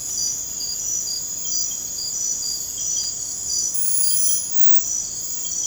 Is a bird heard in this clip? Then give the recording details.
no. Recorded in dense forest near Puerto Asís, Putumayo, Colombia, on 22 December 2024 at 00:00. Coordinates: 0.481, -76.323. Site G100